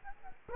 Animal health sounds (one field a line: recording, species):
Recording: mosquito wingbeat signal from an infrared sensor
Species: Aedes aegypti